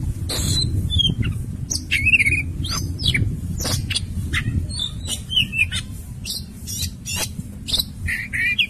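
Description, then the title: Oriental magpie-robin song: a varied, loud stream of sharp whistles, rising and falling slurs and harsh clicks, with constant low rumbling and rustling behind. "Kacer"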